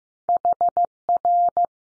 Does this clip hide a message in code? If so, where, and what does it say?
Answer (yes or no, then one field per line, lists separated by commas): yes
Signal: Morse code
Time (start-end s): 0.3-1.7 s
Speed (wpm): 15 wpm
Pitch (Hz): 700 Hz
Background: none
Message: H R